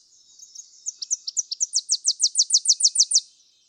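Tennessee warbler singing one song: soft high chips at first, then a loud, even, very fast high-pitched trill lasting about two seconds.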